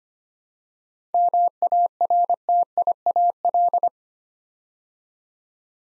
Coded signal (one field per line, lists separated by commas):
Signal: Morse code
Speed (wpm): 25 wpm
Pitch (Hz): 700 Hz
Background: none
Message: MARTIAL